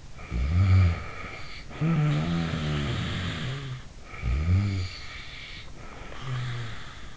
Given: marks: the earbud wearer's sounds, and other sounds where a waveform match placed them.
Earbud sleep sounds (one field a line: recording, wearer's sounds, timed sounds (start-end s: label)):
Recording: sounds in sleep by an in-ear microphone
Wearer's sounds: snoring breath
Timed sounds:
0.10-3.98 s: snoring breath
4.09-7.17 s: snoring breath